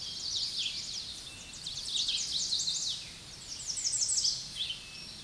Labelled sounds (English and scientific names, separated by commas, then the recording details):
American Redstart (Setophaga ruticilla) song
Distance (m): 20 m
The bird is about 5 m above the microphone
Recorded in a Pennsylvania forest on 16 May 2024 at 06:52
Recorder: AudioMoth, point MSD-2377
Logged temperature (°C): 16.1 °C
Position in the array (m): 124 m, 212 m